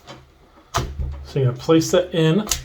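The detachable handle of a Dreame H12 Pro FlexReach wet-dry vacuum is being placed toward its socket on the main body while someone talks, with a brief sharp handling sound around 0.8 s. The clip ends before the handle goes home, so nothing has seated or clicked yet.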